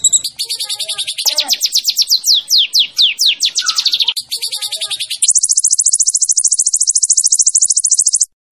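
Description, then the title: White-rumped shama song: fast chattering and repeated downward-sweeping whistles, then a steady rapid high-pitched buzzy trill lasting several seconds. Song-training track of a champion white-rumped shama. "Masteran Murai Batu Juara"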